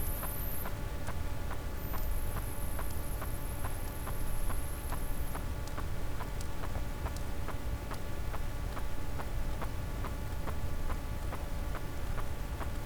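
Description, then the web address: Sperm whale clicking: an evenly spaced train of crisp ticks over constant low ocean noise and a high whine. "Physeter Macrocephalus cachalot"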